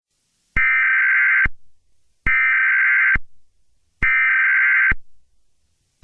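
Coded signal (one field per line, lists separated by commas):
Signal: Emergency Alert System (SAME) tones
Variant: header bursts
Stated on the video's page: Fictional EAS scenario about an Inkling invasion.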